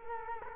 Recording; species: mosquito wingbeat signal from an infrared sensor; Culex quinquefasciatus